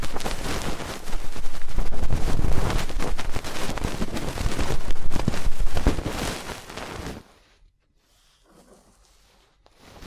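Ear cleaning with a fast, intense run of dense scratching and rubbing that crackles and rustles from low to bright tones for about seven seconds. The sound then cuts off abruptly, leaving near silence with a few faint soft touches until the end.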